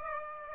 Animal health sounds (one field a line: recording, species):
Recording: mosquito wingbeat signal from an infrared sensor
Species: Aedes aegypti